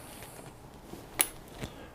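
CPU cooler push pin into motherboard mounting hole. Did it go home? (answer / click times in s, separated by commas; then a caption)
yes / 1.2 s. A plastic push pin on a stock CPU cooler is pressed down into a motherboard mounting hole, working corner to corner. A sharp, loud click sounds at 1.2 s as the pin seats, followed by a softer tap at about 1.6 s over quiet background noise. No one talks.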